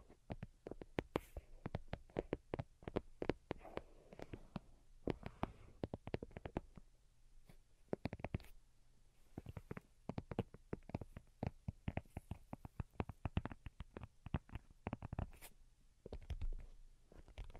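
Delicate tapping goes on throughout, sharp quick taps in irregular bursts, dense around the first few seconds and again near 8, 12 and 15 seconds, with sparser stretches between. The taps are crisp and bright over a soft low hum, with faint scratchy rustles mixed in.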